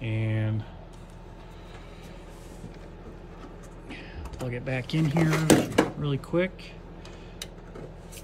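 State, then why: Seated. A wiring harness connector is plugged back into the stock fuse box plug from a donor truck during a 1981 C10 LS swap. A short tonal buzz opens the clip, then someone talks over light handling noise, and a sharp click lands at 7.4 s, which may also be the relay switching. The connector is seated and power is restored.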